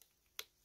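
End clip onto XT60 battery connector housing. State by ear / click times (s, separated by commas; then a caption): seated / 0.4 s. A plastic end clip is pushed onto the rebuilt XT60 connector housing of a 36 V e-scooter battery. After a faint tick at the very start, a single sharp, bright snap rings out at 0.4 s and quickly dies away. The clip snaps home and is confirmed seated.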